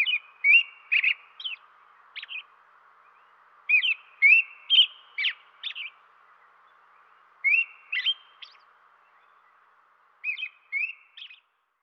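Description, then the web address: American robin calls arriving in four clustered bursts, each a few sharp, emphatic chirps with whistled slurs and abrupt ticks, separated by short gaps. Western North America. "Dan Gibson Wildlife Identification By Sound, Western North America. American Robin"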